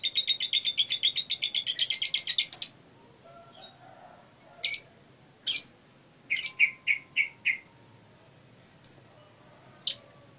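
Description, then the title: Lovebird song opening with a fast rattling trill of sharp notes, then scattered piercing chirps and a short run of repeated high notes. Masteran, a training song recording for caged birds. "MASTERAN BURUNG 2. lovebird"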